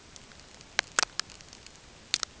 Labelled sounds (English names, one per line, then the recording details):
none
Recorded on Arctic tundra, site NAIT-1, on 20 June 2018
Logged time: 05:00